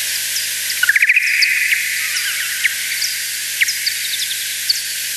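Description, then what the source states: Bat social calls: a quick burst of rising high notes near the start, then scattered sharp chirps and short trills repeated irregularly over a steady hiss. Many social calls, played ten times slower; male bats sing them to court females; probably recorded in autumn; in spring they serve territory marking.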